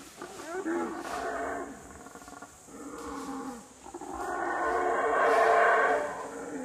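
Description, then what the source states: Gorilla vocalising: harmonic calls in short bursts separated by gaps, ending in a longer, louder call. Sounds made in nature.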